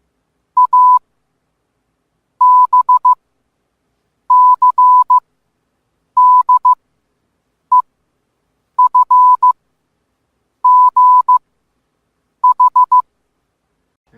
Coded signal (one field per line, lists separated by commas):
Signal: Morse code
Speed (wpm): 15 wpm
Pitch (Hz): 1000 Hz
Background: none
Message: A B C D E F G H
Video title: Morse Code | Informal Introduction Episode 1